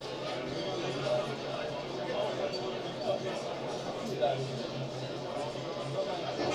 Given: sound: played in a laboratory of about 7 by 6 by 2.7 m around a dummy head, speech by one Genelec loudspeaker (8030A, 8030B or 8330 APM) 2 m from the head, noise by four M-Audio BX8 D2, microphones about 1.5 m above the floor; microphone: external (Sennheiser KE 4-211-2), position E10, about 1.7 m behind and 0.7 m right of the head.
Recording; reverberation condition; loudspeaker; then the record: cafeteria noise; low; four, about 170 cm from the corners of the room and facing them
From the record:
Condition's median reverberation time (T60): about 310 ms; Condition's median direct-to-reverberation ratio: about 3.5 dB